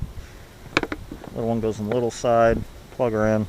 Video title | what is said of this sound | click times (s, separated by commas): 2012 to 2014+ Ninja 650 R airbox air filter opening | big one goes on the big side push until it clicks little | 0.8 s